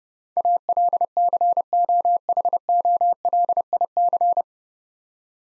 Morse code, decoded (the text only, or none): ALCOHOLIC